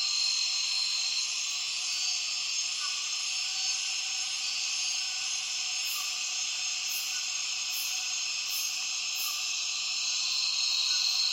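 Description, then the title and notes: Cicadas in a dense, steady chorus, a loud high hiss with layered bands. Short pulsed bursts sound near the top of the range, with faint brief chirps lower down. Many cicadas calling as afternoon light fades at dusk, Tawau Hills National Park, Borneo rainforest; recorded with Zoom F6 and Lom MikroUsi Pro microphones. "Intense Dusk Chorus In The Borneo Rainforest. A myriad cicadas start calling as soon as the afternoon light begins to fade in Tawau Hills NP, Borneo"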